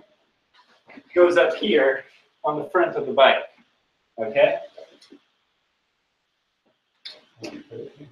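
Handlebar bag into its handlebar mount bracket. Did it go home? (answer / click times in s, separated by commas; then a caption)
no / none. A handlebar bag is brought up to the front of a bike and lined up with its handlebar mount bracket while someone talks. Only small handling sounds are heard, and nothing has seated or clicked yet.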